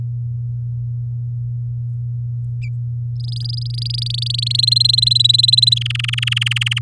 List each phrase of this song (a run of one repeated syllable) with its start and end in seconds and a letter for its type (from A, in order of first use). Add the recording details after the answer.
3.20-4.61 A, 4.63-5.79 B, 5.81-6.79 C. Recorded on 9 May 2018 at 07:00. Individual llb16